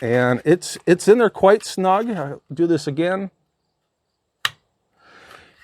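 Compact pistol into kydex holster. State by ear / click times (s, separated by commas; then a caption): seated / 4.4 s. Someone talks, then a compact pistol is re-holstered into a kydex holster, adjusted with a screw for retention. It seats with a sharp, very positive click at 4.5 s, followed by faint rustling, and it stays snug.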